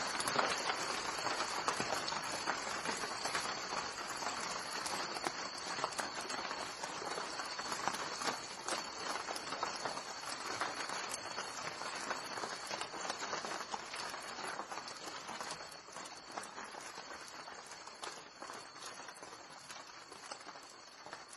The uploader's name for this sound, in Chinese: 芭蕉叶下的雨